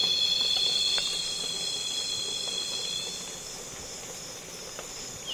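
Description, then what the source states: Cicadas buzzing in a steady, high, layered drone that slowly softens toward the end. Loud cicadas calling on a calm afternoon in Congo basin rainforest.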